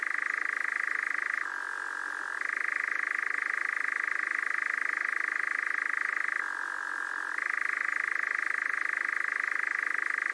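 Nightjar churring steadily, a dry rapid trill that twice slides into a lower, quieter phase lasting around a second.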